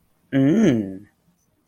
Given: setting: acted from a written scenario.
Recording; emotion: vocal sound without words; desire